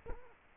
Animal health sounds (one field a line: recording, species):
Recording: mosquito wingbeat signal from an infrared sensor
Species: Culex quinquefasciatus